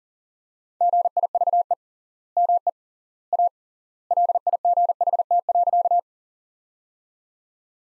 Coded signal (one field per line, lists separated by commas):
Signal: Morse code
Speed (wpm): 40 wpm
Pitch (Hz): 700 Hz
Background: none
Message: GIVE ME A LIGHT.